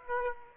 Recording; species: mosquito wingbeat signal from an infrared sensor; Aedes aegypti